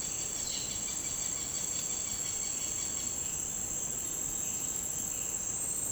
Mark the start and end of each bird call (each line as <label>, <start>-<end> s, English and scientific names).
Southern Lapwing (Vanellus chilensis), 0.00-3.34 s
Violaceous Jay (Cyanocorax violaceus), 0.27-0.66 s